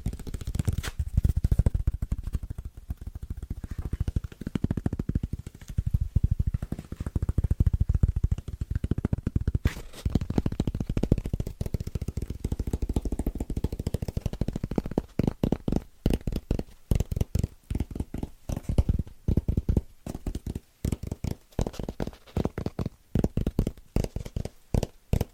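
Fast tapping on fitness foam, a dense, muffled low drumming that blurs into a continuous rumble for the first ten seconds. After that the taps separate into distinct, punchy hits with short gaps, falling into a quick, uneven rhythm that runs to the end.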